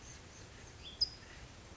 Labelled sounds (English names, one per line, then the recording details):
California Towhee
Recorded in Sonoma County, California